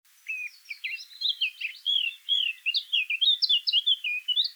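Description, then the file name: Eurasian blackcap song, a fast, continuous scratchy warble of varied chirps and short fluty notes. "Sylvia atricapilla"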